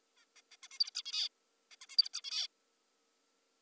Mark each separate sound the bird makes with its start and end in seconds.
0.17-0.25, 0.36-0.41, 0.52-0.56, 0.64-0.68, 0.72-0.79, 0.80-0.90, 0.95-1.02, 1.06-1.29, 1.71-1.76, 1.82-1.86, 1.90-1.97, 1.98-2.09, 2.14-2.21, 2.24-2.48